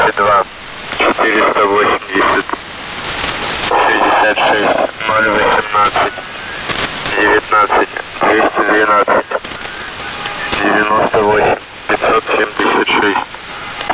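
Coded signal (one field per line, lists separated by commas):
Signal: coded military voice message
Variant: The Pip, Russian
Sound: a voice reading a message in short phrases over a noisy shortwave channel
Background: radio static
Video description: "The Pip" is a Russian military radiostation that broadcasts on 5448 kHz at daytime and 3756 kHz at nighttime.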